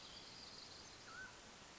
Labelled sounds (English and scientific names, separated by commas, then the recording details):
Mountain Quail (Oreortyx pictus)
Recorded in Sonoma County, California